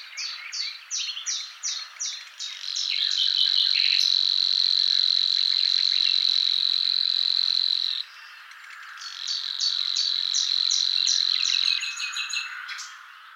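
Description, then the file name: Savi's warbler song: quick ticking notes lead into a long, sustained buzzing reel, stop, then return after a short pause with more ticks and reeling. "Locustelle luscinioide"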